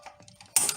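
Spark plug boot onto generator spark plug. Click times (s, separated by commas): 0.6 s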